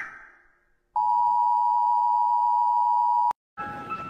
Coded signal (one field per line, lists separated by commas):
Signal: Emergency Alert System (SAME) tones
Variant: 853 and 960 Hz attention tone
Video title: ⚠️Rating EAS (A-Z) #23⚠️